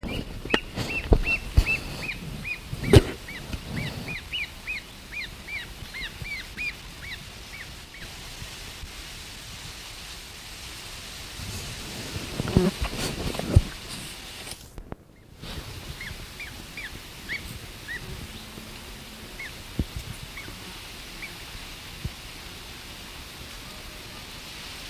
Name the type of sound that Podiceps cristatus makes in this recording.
call